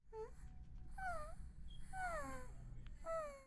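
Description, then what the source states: Dog whining, a few high, wavering whimpers that slide downward, with short quiet gaps. Dog crying.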